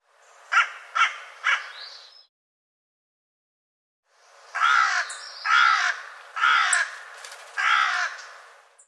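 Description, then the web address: Bird giving harsh cawing calls: three quick caws, a two-second pause, then four longer, rougher caws spaced about a second apart. "cianscape birddata Deverinetal 2025"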